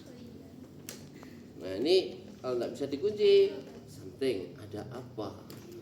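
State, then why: Not seated. An oxygen regulator is being refitted onto an oxygen cylinder valve, kept straight before locking. A sharp tap sounds at 0.9 s and a faint one at 1.2 s, then someone talks over quiet handling noise. The regulator has not locked or clicked into place yet.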